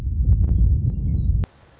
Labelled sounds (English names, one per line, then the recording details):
Western Meadowlark
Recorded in Sonoma County, California